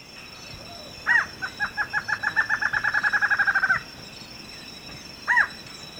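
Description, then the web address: Lined antshrike song: a fast series of about twenty short notes speeding up, followed after a pause by a single call. Recorded in Ecuador. "S America Birds of Ecuador. Lined Antshrike"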